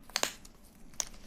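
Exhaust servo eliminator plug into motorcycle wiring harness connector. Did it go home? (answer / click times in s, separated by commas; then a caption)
yes / 1.0 s. While an Arrow slip-on exhaust is fitted to a Ducati Panigale V2 motorcycle, the plastic connector of a plug-and-play exhaust-valve servo eliminator module is lined up and clipped into the bike's wiring harness connector. Two sharp plastic ticks sound at about 0.2 s, then a single crisp click at 1.0 s as the plug seats fully, with faint handling noise around it.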